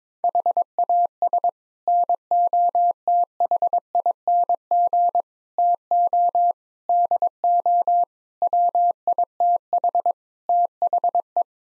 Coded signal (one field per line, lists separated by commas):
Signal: Morse code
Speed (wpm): 22 wpm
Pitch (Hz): 700 Hz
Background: none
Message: HAS NOTHING TO DO WITH THE